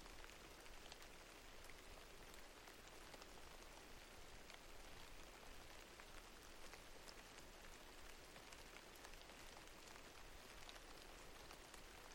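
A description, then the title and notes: Steady rain falls at night over dry scrubland, a dense, even hiss of countless drops with no pauses across the twelve seconds. Fine, crisp patters and individual drop ticks sparkle through the wash, while a faint low rumble sits underneath. Rain on Scrubland. Colockum GMU, Kittitas Country, WA, midnight rain in a dry raiparian creek, dry scrub land surrounds. Recorded in the Beautiful Pacific Northwest.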